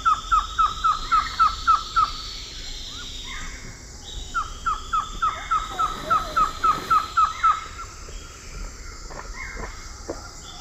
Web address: Natures Songs S America Eastern Lowlands Trogon viridis, song